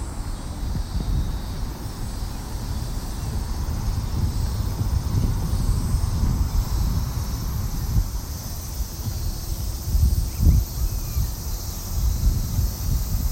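A field recording from Odaiba Kaihin Park in Tokyo, dominated by a steady, churning low rumble that swells and buffets like wind throughout. A faint thin hiss holds constant up high, and a brief louder thump stands out around ten seconds.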